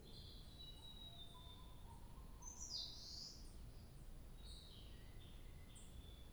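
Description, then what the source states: Bird song: thin high whistled tones, then a bright swooping note near the middle, followed by more high whistles over a low rumble. 2 July 2023.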